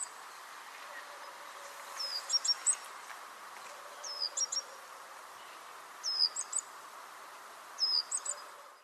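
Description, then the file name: Great tit calls, high thin phrases of a slurred note plus sharp chips, heard four times roughly every two seconds, fairly soft above a continuous hiss. "Parus major"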